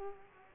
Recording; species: mosquito wingbeat signal from an infrared sensor; Aedes aegypti